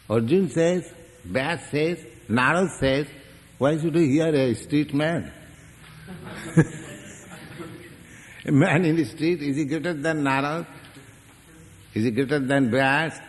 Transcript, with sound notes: Arjuna says, Vyāsa says, Nārada says; why should we hear a street man? [laughter] [Prabhupāda laughs] A man in the street, is he greater than Nārada? Is he greater than Vyāsa?